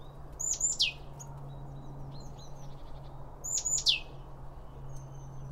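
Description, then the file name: Birds: a bird gives two strong, sharp, high calls that slide downward, about three seconds apart, with faint chirps between and a low steady hum. Birds around a bird feeder, recorded with two Line Audio OM1 microphones. "Birds Around Birdfeeding With Two Om 1 From Line Audio"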